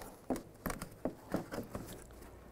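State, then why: Not seated. A factory wiring harness connector is lined up and pressed onto the plastic socket on the back of a new headlight assembly for a 2011-2018 Volkswagen Jetta. Short, sharp handling taps and knocks sound at about 0.3, 0.7, 1.1, 1.3 and 1.8 seconds. Nothing has seated or clicked yet.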